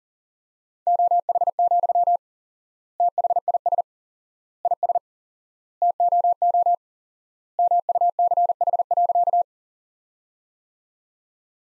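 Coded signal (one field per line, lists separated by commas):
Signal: Morse code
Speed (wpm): 40 wpm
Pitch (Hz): 700 Hz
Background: none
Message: OH, THIS IS TOO MUCH.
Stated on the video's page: Sentence practice from the top 500 words at 40 wpm with 4x standard word spacing, a word-based analogue of Farnsworth.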